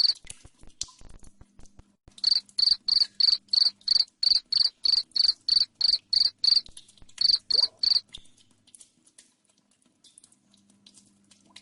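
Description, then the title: Cricket chirping, a long steady series of loud high pulses in quick succession with one brief pause, then quiet with faint ticking. Loud cricket chirping, used to make lovebirds keep trilling. "Suara JANGKRIK NGERIK Keras Bikin LOVEBIRD Jadi NGEKEK Terus"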